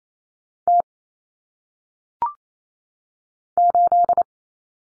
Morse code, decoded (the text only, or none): T 8